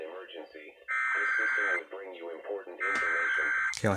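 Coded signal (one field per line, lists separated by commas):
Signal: Emergency Alert System (SAME) tones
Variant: header bursts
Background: speech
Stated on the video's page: Required Weekly Test recorded live, valid EAS tones.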